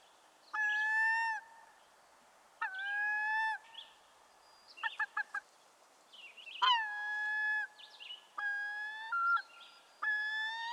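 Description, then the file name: Herring gull calling repeatedly with drawn-out, flat, nasal wails, interrupted by a rapid run of short yelping notes, then more long calls in quicker succession. "dan gibsons solitudes herring gull"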